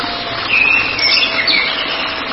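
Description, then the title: White-rumped shama singing a brief run of high whistled notes with quick slurs, heard over constant background hiss. "Kicau Murai Batu"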